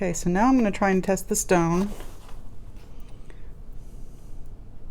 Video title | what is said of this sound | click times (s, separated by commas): Real Time: Basket Setting a Stone Step-by-Step (Prong Setting) | to see if it'll snap in place and that's what we want it to do is to snap in place and it's not quite | none